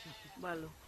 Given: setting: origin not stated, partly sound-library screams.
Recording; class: one-second piece from a danger detection set; normal situation